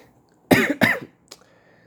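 Two quick, loud coughs in close succession from an adult man, each a short harsh burst lasting about a quarter second, followed by a faint click and quiet room sound. An ordinary lingering cough that has not yet healed.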